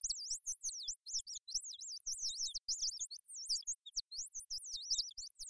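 Bird song: lively stream of high, slurred whistles and trills, swooping up and down almost without a break, with soft low knocking in the background.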